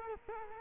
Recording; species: mosquito wingbeat signal from an infrared sensor; Culex quinquefasciatus